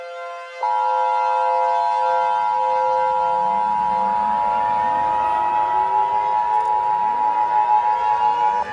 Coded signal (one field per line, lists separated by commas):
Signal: Emergency Alert System (SAME) tones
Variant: 853 and 960 Hz attention tone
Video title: EAS Scenario - Sun Explosion